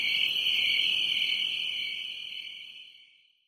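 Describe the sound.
Crickets: a continuous high-pitched trill that holds steady, then gradually fades out to silence near the end.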